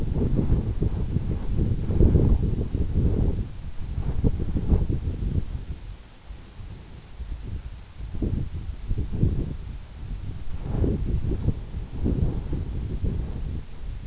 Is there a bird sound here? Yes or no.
no